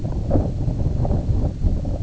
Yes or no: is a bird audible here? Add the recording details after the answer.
no. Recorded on Arctic tundra, site IGLO-A, on 19 June 2018. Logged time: 03:59